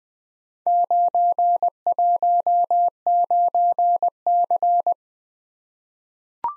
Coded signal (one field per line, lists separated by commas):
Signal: Morse code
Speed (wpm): 20 wpm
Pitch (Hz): 700 Hz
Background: none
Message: 919C